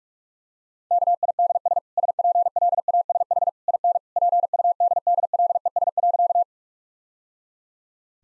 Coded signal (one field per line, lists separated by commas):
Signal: Morse code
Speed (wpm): 46 wpm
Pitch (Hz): 700 Hz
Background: none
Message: KIDS SPLASH IN PUDDLES.